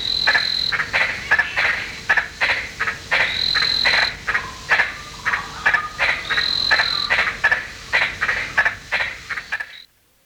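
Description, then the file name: White-lipped tree frog giving rapid rasping notes, roughly three per second, with a thin high whine underneath; the calling stops abruptly near the end, leaving silence. "Litoria infrafrenata"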